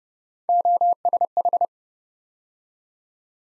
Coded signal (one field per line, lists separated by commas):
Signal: Morse code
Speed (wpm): 33 wpm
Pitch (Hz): 700 Hz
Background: none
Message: OSH